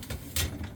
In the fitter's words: top, and then make sure it clicks into the top rack here.